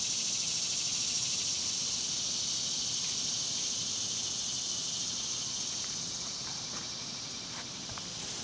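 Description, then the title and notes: Cicadas keep up a high steady buzzing drone, with a few faint clicks and taps toward the end. Several cicadas recorded outdoors at dusk. "Ext Cicadas, Dusk by Bandeto"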